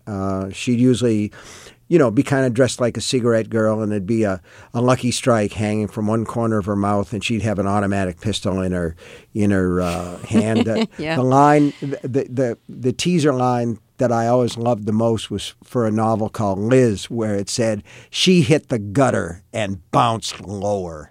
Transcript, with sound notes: She'd usually, you know, be kind of dressed like a cigarette girl and it'd be a Lucky Strike hanging from one corner of her mouth. And she'd have an automatic pistol in her hand.
(Laughter) Yeah.
The line - the teaser line that I always loved the most was for a novel called "Liz," where it said she hit the gutter and bounced lower.